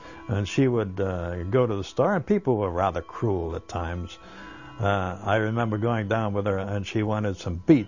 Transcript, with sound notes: And she would go to the store, and people were rather cruel at times. ( clock continues to chime ) I remember going down with her, and she wanted some beets.